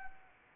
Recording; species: mosquito wingbeat signal from an infrared sensor; Anopheles arabiensis